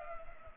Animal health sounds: mosquito wingbeat signal from an infrared sensor; Culex pipiens

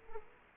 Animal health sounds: mosquito wingbeat signal from an infrared sensor; Culex quinquefasciatus

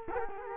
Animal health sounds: mosquito wingbeat signal from an infrared sensor; Culex quinquefasciatus

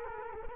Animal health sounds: mosquito wingbeat signal from an infrared sensor; Culex quinquefasciatus

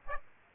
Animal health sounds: mosquito wingbeat signal from an infrared sensor; Aedes aegypti

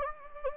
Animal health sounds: mosquito wingbeat signal from an infrared sensor; Anopheles gambiae

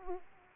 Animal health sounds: mosquito wingbeat signal from an infrared sensor; Aedes aegypti

